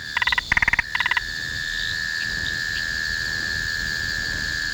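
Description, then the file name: Spotted marsh frog giving three quick bursts of rapid knocking pulses over a constant high-pitched background hum. "Limnodynastes tasmaniensis"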